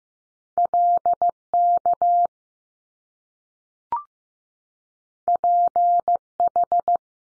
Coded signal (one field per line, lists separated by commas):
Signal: Morse code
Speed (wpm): 15 wpm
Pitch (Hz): 700 Hz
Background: none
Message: L KP H